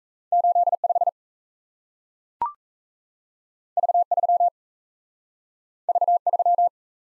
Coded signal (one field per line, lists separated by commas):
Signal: Morse code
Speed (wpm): 38 wpm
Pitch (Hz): 700 Hz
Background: none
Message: 85 V3 V3